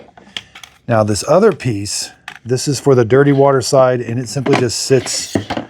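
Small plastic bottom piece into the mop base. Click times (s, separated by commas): 0.4 s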